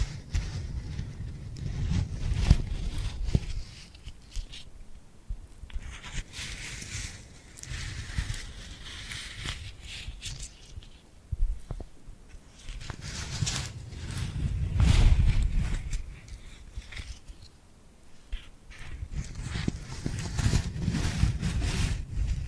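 Sticky, glued hands rub and peel apart in irregular waves, giving off crisp crackling and tacky tearing sounds. Louder bursts arrive around 2–3 seconds, 6–8, 15 and 20, each with a soft low thumping underneath, separated by quieter, thinner stretches.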